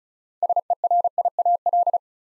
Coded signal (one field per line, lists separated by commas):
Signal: Morse code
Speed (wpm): 36 wpm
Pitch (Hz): 700 Hz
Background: none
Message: SERIAL